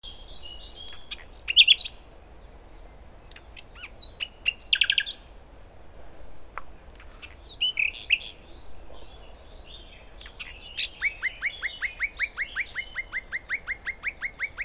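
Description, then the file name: Common nightingale song, scattered chirps and whistles, then a long evenly repeated series of sharp clicking notes at the end. "Luscinia megarhynchos"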